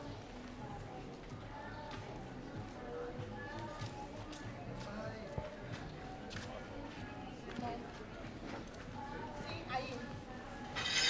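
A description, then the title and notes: Walking around Willemstad, Curaçao, with a steady murmur of overlapping voices and chatter filling the whole clip. Short clinks and taps pop up now and then, and a sharper burst of noise arrives right at the end. Walking Around Willemstad Curacao.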